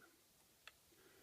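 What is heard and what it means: A release button on a plastic ToQ Changer toy is pressed, freeing the red toy train inserted in it. A single faint, sharp click sounds at 0.7 s, and the train slides back a little so it can be pulled out. Otherwise there is only a quiet background.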